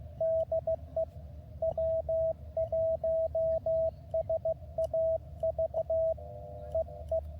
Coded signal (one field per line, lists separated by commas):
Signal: Morse code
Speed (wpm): 16 wpm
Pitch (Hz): 650 Hz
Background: radio noise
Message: DE W1SAV EE